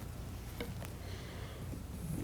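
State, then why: Seated. An arrow or vane clamp, likely the arrow nock or the vane clamp, is pushed into a Last Chance Archery Vane Master Pro fletching jig. Two short sharp clicks at 0.6 s and 0.9 s stand out over a steady low hum. The part ends up seated in the jig.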